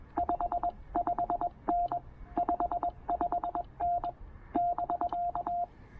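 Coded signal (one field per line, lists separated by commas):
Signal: Morse code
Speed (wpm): 21 wpm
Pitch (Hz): 700 Hz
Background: none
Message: 55N 55N <BK>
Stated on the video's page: POTA activation with Penntek TR-45L and Elecraft AX1 antenna, QRP, operated with a wide CW filter.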